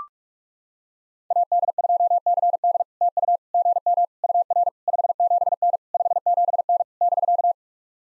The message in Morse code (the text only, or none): AD2CD TU GM UR 57N 57N <BK>